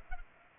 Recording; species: mosquito wingbeat signal from an infrared sensor; Culex pipiens